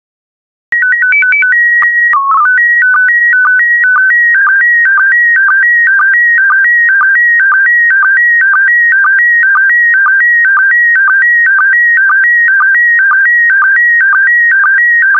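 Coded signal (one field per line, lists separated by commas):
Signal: SSTV (slow-scan television)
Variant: PD 120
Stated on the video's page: SSTV images sent in PD120 mode.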